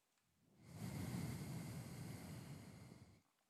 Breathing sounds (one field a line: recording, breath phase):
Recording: one breath near a microphone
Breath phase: exhalation